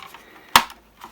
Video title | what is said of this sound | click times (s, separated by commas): STAR WARS BUILD YOUR OWN X-WING ISSUE 30/31 | but clicking into place. | 0.6 s